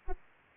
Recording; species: mosquito wingbeat signal from an infrared sensor; Aedes aegypti